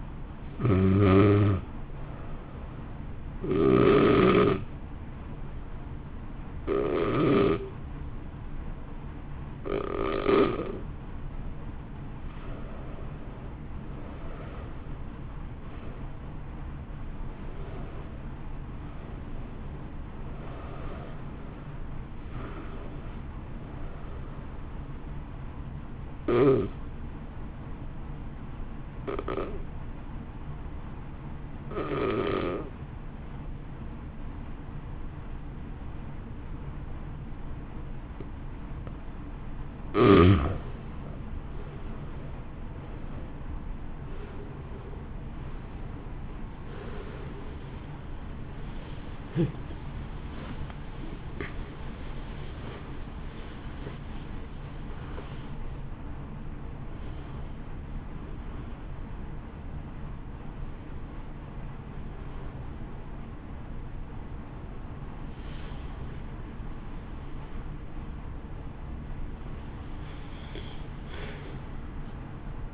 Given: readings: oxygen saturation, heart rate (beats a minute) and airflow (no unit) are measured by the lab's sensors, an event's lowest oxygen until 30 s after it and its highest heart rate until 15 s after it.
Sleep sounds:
breathing in sleep by a smartphone at the bedside; 2
3.00-14.30 s: hypopnea (N1, oxygen 90% highest, then 85% lowest, heart rate 65 at the start, 65 highest)
28.00-42.50 s: hypopnea (N1, oxygen 92% highest, then 80% lowest, heart rate 59 at the start, 72 highest)
From the record:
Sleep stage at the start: N1 (lightest sleep); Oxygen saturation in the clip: 80 to 93%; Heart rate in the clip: 57 to 72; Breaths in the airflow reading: 20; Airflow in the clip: -2.2 to 1.7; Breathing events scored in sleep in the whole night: 328 in 6.3 hours asleep

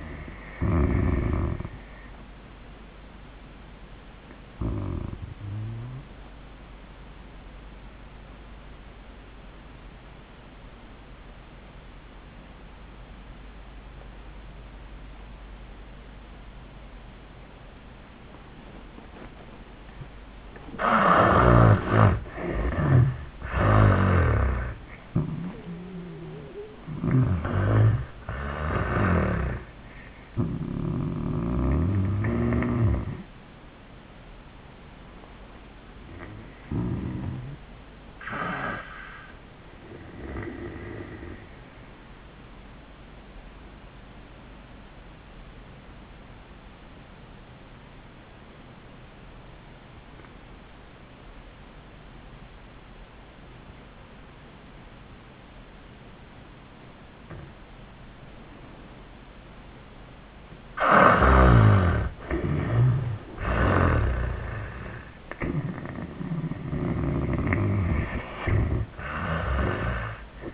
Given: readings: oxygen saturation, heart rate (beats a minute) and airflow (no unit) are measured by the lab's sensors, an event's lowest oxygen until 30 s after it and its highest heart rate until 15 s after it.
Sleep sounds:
breathing in sleep by a voice recorder at the bedside; 2
8.00-22.10 s: obstructive apnea (N1, oxygen 92% highest, then 79% lowest, heart rate 84 at the start, 99 highest)
37.00-60.40 s: obstructive apnea (N1, oxygen 97% highest, then 75% lowest, heart rate 93 at the start, 97 highest)
From the record:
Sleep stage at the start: N1 (lightest sleep); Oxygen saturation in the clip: 68 to 97%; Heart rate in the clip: 82 to 99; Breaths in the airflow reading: 8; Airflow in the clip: -20.6 to 9.6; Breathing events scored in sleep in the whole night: 400 in 8.7 hours asleep

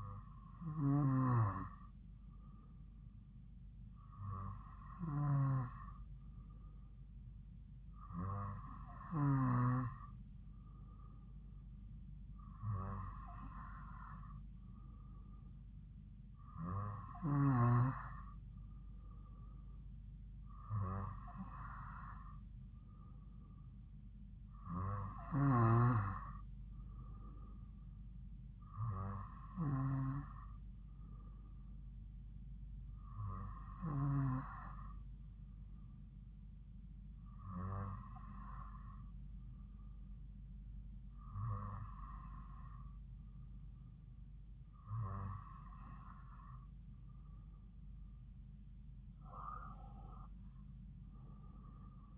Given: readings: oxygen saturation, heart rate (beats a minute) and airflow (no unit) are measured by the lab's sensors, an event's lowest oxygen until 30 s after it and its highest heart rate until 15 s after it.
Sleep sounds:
breathing in sleep by a smartphone at the bedside; none
16.00-52.18 s: new sleep stage, N2 (light sleep)
From the record:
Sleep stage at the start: N3 (deep sleep); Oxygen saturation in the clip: 94 to 95%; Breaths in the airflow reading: 13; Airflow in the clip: -3.3 to 5.2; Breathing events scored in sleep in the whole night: 270 in 6.1 hours asleep

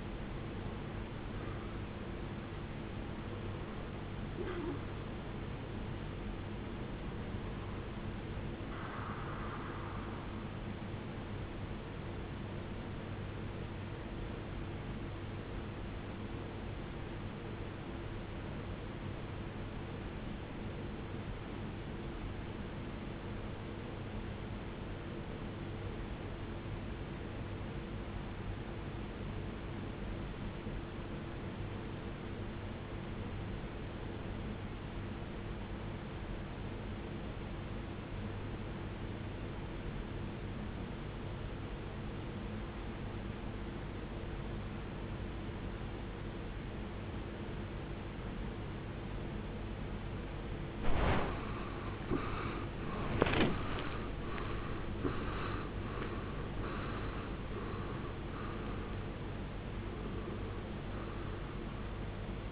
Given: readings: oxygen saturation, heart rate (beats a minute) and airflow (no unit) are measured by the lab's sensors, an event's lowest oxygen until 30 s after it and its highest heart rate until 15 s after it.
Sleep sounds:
breathing in sleep by a voice recorder at the bedside; 1
14.00-52.70 s: obstructive apnea (REM, oxygen 94% highest, then 81% lowest, heart rate 51 at the start, 89 highest)
From the record:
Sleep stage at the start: REM sleep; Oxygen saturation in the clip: 80 to 94%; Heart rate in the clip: 47 to 96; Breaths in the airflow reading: 9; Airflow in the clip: -17.9 to 18.2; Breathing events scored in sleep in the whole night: 389 in 6.3 hours asleep

